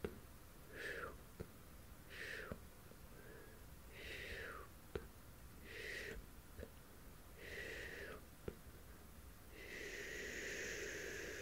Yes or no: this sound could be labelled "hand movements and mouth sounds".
yes